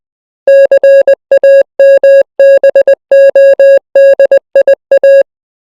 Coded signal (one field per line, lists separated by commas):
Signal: Morse code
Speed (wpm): 20 wpm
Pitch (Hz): 550 Hz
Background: music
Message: CAMBODIA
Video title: ម៉ូសកូដជាអ្វី? ហេតុអ្វីវាត្រូវបានប្រើក្នុងសង្គ្រាមលោកលើកទី២? | Morse Code Explained (WWII)